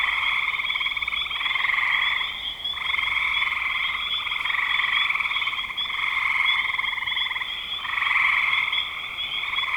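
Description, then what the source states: Frogs calling in a thick chorus, long buzzy trills broken by short pauses every couple of seconds, a steady higher trill running throughout. Recorded in spring 2025.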